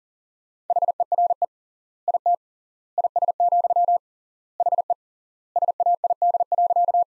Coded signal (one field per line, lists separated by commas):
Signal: Morse code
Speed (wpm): 40 wpm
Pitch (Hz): 700 Hz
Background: none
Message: HERE IT IS, HE SAID.